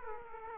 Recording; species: mosquito wingbeat signal from an infrared sensor; Aedes aegypti